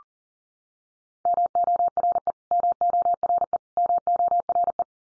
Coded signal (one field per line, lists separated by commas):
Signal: Morse code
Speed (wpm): 40 wpm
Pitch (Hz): 700 Hz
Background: none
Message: MORE MORE MORE